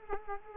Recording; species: mosquito wingbeat signal from an infrared sensor; Culex quinquefasciatus